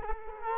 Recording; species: mosquito wingbeat signal from an infrared sensor; Culex quinquefasciatus